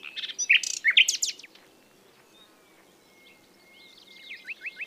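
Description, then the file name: Common nightingale song: a burst of varied chirps and rattling notes, then a long thin whistle, ending in a few quick notes. "Luscinia megarhynchos"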